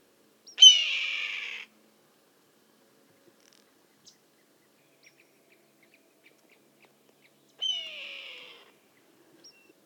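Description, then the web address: Red-tailed hawk giving two hoarse, raspy screams, each about a second long with a sharp start and slightly falling tone, spaced about seven seconds apart. "sound red-tailed-hawk. دانلود-صدای-عقاب-دم-قرمز"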